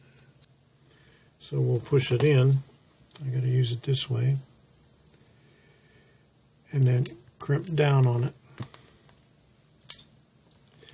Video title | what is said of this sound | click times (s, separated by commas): Making LocoNet Cables The Easy Way | it clicks and releases now | 9.9 s